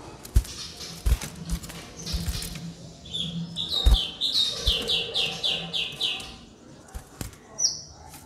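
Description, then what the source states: White-rumped shama song: a rapid series of repeated high, slightly descending notes, with sharp clicks and thumps and a low hum throughout. Aggressive, fierce song of a white-rumped shama, used as a lure.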